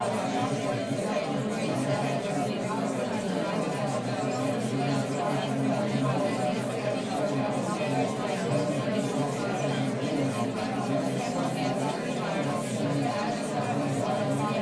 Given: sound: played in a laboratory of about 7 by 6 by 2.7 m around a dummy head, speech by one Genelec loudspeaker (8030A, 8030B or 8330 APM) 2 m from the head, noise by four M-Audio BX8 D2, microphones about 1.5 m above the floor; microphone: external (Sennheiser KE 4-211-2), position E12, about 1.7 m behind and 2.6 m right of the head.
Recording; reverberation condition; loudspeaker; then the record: babble noise; low; four, about 170 cm from the corners of the room and facing them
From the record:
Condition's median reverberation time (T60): about 310 ms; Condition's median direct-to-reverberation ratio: about 3.5 dB